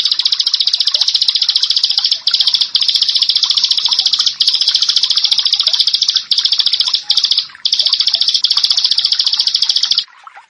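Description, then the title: Bar-winged prinia song, a continuous, buzzy, high trill with a few brief breaks, ending abruptly before the final half second. "Ciblek Sawah"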